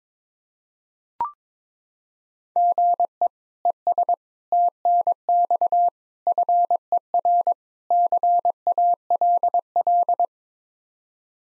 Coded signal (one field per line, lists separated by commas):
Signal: Morse code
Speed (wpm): 22 wpm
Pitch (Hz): 700 Hz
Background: none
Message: GE ES TNX FER CALL